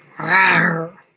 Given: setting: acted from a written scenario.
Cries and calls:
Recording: vocal sound without words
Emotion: desire

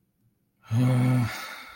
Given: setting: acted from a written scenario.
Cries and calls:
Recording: vocal sound without words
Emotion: anger

